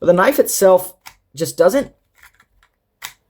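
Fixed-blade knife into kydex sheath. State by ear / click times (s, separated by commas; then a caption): partly seated / 3.0 s. Someone talks, then a Viper Handy 2 fixed-blade knife is pushed into its kydex sheath with a few faint scrapes and taps. It seats with a single click at 3.1 s that is weak and not as crisp as it should be, meaning the retention is poor.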